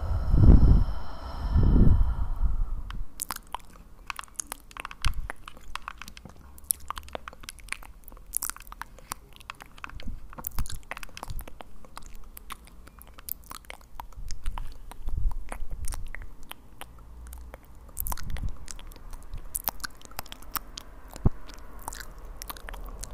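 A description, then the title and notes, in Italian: Mouth sounds: wet clicks, smacks and crunchy bites scattered irregularly through the clip, some sharp and bright, others soft. The opening seconds hold a louder, lower rumble with a faint tone before the clicking settles into a quiet, steady pattern. ASMR mouth sounds triggers pulizia energetica. Mouth sounds rilassanti.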